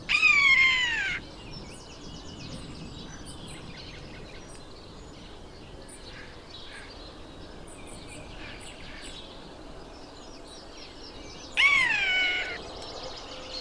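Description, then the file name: Eurasian jay uttering two loud nasal, harmonic calls about eleven seconds apart, with low background hiss in between. "Garrulus glandarius"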